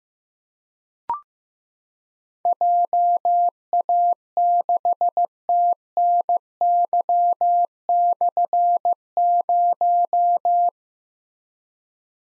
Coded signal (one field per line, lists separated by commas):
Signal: Morse code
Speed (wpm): 15 wpm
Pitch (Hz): 700 Hz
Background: none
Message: JA6TNY/0